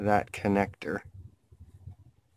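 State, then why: Not seated. Someone talks briefly while gently pushing down on the lamp cable connector in a Samsung LN40B610A5F LCD TV during a fluorescent lamp assembly replacement; only faint low handling noises follow. The connector fails to snap home: nothing has seated or clicked yet, and it is not down.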